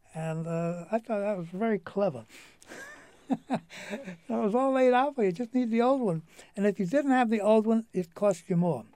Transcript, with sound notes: and I thought that very cleaver. (he laughs) That was all laid out for you, you just needed the old one and if you didn't have the old one it would cost you more.